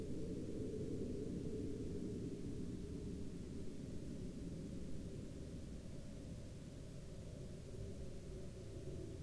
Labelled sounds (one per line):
aircraft